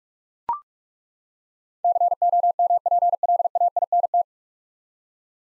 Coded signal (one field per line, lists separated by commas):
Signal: Morse code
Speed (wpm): 42 wpm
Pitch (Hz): 700 Hz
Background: none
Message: COMPLAINT